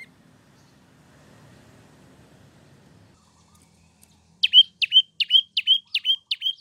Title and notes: Masteran Terapi Prenjak Durasi Panjang. Burung Prenjak